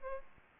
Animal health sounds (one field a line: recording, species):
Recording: mosquito wingbeat signal from an infrared sensor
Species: Culex pipiens